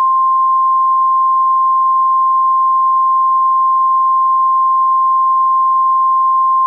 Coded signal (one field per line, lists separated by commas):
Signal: Emergency Alert System (SAME) tones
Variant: 1050 Hz attention tone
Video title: EAS Severe Thunderstorm Warning (Greenup, KY County)